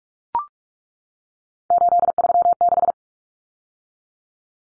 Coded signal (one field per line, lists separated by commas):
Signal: Morse code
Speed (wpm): 44 wpm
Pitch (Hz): 700 Hz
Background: none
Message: 836